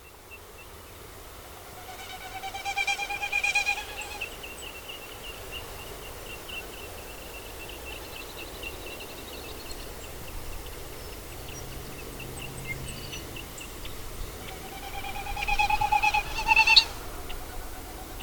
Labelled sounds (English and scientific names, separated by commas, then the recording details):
Wilson's Snipe (Gallinago delicata)
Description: Wilson's Snipe sounds produced from air passing over the tail feathers during a dive
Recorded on 22 June 2015